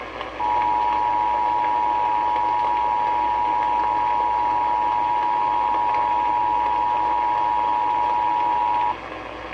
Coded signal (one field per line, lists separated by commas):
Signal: Emergency Alert System (SAME) tones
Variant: 853 and 960 Hz attention tone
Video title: Champaign Rain | EAS Alerts From 9/7-8/2021 (EAS #925-940)